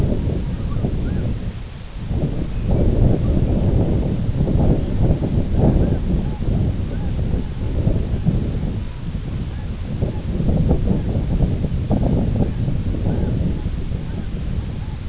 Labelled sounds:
unidentified sound
Lapland Longspur
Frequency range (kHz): Lapland Longspur 2.1-2.9 kHz
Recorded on Arctic tundra, site IGLO-B, on 24 June 2018
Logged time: 17:59

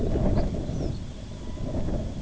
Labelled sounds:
Snow Bunting
Red-throated Loon
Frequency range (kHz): Snow Bunting 3.4-6.7 kHz; Red-throated Loon 0.6-2.5 kHz
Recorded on Arctic tundra, site IGLO-B, on 23 June 2018
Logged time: 11:59

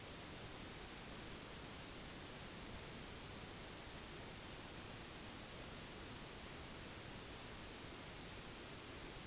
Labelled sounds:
none
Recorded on Arctic tundra, site NAIT-1, on 1 July 2019
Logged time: 08:00

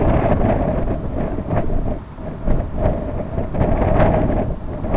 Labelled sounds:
none
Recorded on Arctic tundra, site IGLO-B, on 24 June 2018
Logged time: 01:59

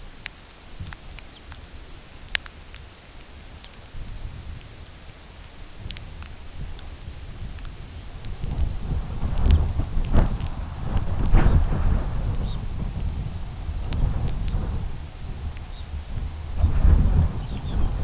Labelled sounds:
Lapland Longspur
Red Phalarope
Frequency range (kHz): Lapland Longspur 2.5-4.5 kHz; Red Phalarope 2.9-4.3 kHz
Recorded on Arctic tundra, site UTQI-2, on 17 June 2019
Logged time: 08:00

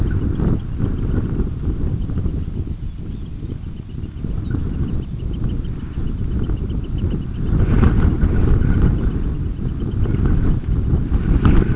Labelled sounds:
unidentified sound
Red Phalarope
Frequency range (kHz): Red Phalarope 2.9-4.1 kHz
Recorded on Arctic tundra, site UTQI-5, on 26 June 2018
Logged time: 20:00

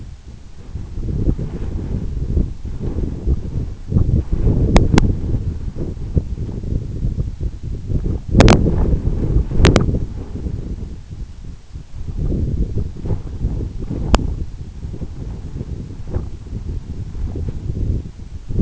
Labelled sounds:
none
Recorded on Arctic tundra, site EABA-1, on 26 June 2018
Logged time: 04:00

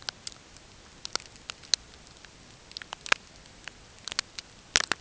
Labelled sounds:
none
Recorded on Arctic tundra, site NAIT-1, on 20 June 2018
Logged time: 05:00

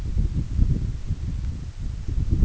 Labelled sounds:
none
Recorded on Arctic tundra, site EABA-1, on 20 June 2018
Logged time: 18:00

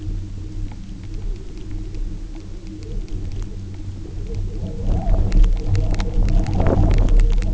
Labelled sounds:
none
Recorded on Arctic tundra, site UTQI-0, on 27 June 2018
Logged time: 04:00

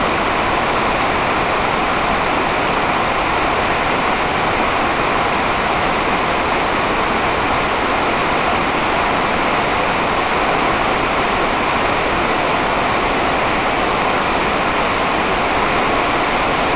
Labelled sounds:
none
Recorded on Arctic tundra, site NAIT-1, on 28 June 2018
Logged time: 07:00

